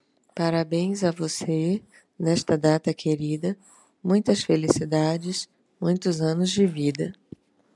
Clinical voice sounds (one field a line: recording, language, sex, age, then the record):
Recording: short text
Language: Brazilian Portuguese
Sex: female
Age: 30 to 39 years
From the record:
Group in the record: control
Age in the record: 30 years